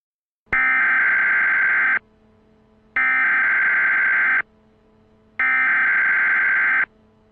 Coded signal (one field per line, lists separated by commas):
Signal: Emergency Alert System (SAME) tones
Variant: header bursts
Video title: EAS Scenario: The Next Big One